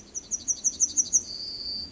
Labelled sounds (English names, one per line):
Yellowhammer song